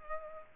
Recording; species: mosquito wingbeat signal from an infrared sensor; Culex pipiens